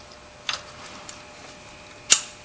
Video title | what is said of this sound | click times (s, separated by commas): Replace Spark Plugs 2005-2014 Toyota Tacoma 4.0 Liter | locked in all right let's get the air filter back on the air filter housing | 2.1 s